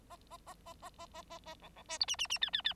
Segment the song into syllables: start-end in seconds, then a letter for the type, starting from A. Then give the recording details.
0.10-0.17 A, 0.30-0.37 A, 0.46-0.54 A, 0.66-0.73 A, 0.81-0.90 A, 0.98-1.06 A, 1.13-1.22 A, 1.30-1.39 A, 1.45-1.55 A, 1.62-1.69 B, 1.76-1.83 B, 1.88-1.98 C, 2.00-2.06 D, 2.08-2.16 E, 2.18-2.27 E, 2.29-2.38 E, 2.41-2.50 F, 2.53-2.62 F, 2.64-2.73 F. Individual Bird9